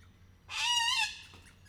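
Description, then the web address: Little corella single harsh rasping screech, about half a second long, against faint low hum. Captive bird at a zoo in Miskolc, recorded in 2018, described as emboldened. "miskolcizoo 2018 professzionalis csupaszszemu kakadu"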